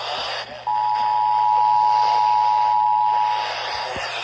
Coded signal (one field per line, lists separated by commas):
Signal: Emergency Alert System (SAME) tones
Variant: 853 and 960 Hz attention tone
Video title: 6/14/24 - Severe Thunderstorm Warning on KHB38 & WLRB-FM (EAS #1086 & EAS #1087)